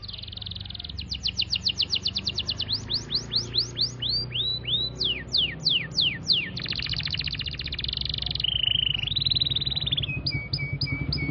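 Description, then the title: Canary song: buzzy trill, then a run of sweeping downslurred notes, a dense rattling roll and steady whistled tours, over a low background hum. Canary song in the cengkok mewah style, a song pattern named in Indonesian. "Cengkok Kenari Mewah. Suara kenari cengkok mewah"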